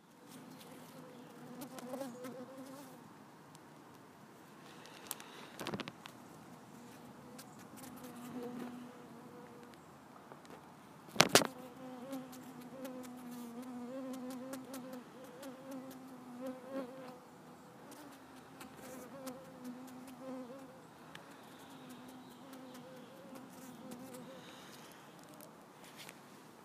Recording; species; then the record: mosquito flight sound by mobile phone; Culiseta incidens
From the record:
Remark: outdoors